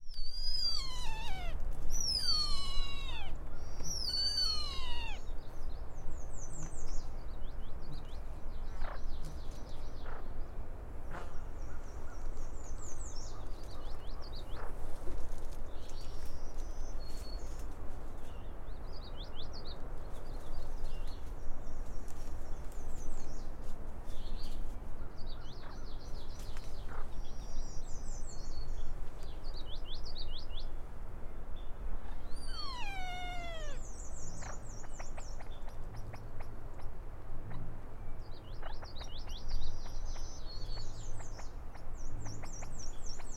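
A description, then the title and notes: A distressed female Ruffed Grouse gives sharp, falling squeals in a quick burst at the start and again past the half-minute mark. Short, high chirps from small birds come and go throughout, over a steady low rumble. This is a distressed female Ruffed Grouse calling. Fostex FR2 recorder, Senneheiser ME66 short shotgun mic.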